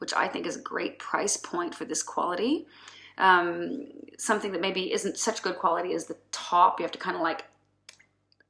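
Someone talks for most of the clip while handling a perfume bottle whose cap is a click-in-place fit that is hard to get off. After the talking stops, a sharp click at 7.9 s marks the cap being pulled free of its click fit, followed by a few faint ticks. The cap comes off the bottle.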